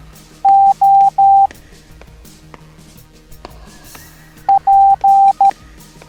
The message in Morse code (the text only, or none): O P